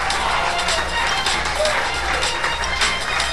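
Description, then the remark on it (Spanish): A large crowd claps loudly and steadily in praise to Jehovah, a dense, unbroken wash of applause that holds the same intensity for several seconds, with faint voices mixed underneath. “Dale un aplauso fuerte a Jehová.”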